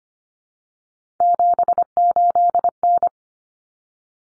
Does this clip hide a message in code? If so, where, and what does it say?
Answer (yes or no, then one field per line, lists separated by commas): yes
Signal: Morse code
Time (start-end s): 1.2-3.1 s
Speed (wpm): 25 wpm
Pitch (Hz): 700 Hz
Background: none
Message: 78N